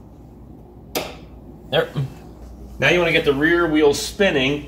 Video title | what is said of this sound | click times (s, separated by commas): Parking brake adjustment 1992-2000 Honda Civic | the parking brake lever until it clicks one notch so there | 1.0 s